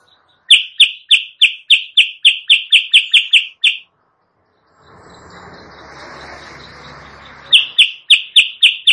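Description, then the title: Sooty-headed bulbul uttering about a dozen sharp repeated chirps at an even pace, a quiet break with low hiss, then more chirps. Caged-bird training recording (masteran) used as a lure sound; bird described as actively singing (gacor). "Masteran Kutilang Sutra. suara pikat kutilang sutra kutilang sutra gacor"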